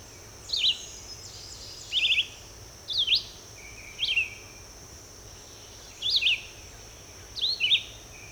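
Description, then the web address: Red-eyed vireo song: crisp whistled phrases, rising and falling, delivered every second or two, over a steady high-pitched hum. "birds vireos"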